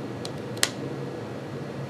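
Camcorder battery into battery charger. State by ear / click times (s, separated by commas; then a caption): seated / 0.6 s. A Canon BP-718 lithium-ion camcorder battery is pushed a second time into a plastic wall charger made for BP-718 and BP-727 batteries. A faint tick at 0.3 s comes before a sharp click at 0.6 s over a steady low hum. The battery snaps into place and sits secure.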